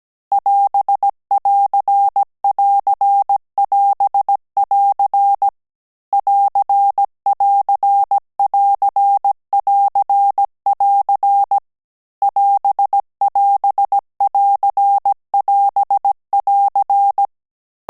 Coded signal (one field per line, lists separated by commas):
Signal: Morse code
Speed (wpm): 17 wpm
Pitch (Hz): 800 Hz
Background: none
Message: <AS><AR><AR><AS><AR> <AR><AR><AR><AR><AR> <AS><AS><AR><AS><AR>